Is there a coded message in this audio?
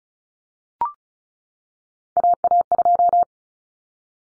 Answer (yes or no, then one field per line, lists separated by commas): yes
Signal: Morse code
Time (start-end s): 2.2-3.2 s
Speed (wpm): 34 wpm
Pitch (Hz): 700 Hz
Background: none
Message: AA2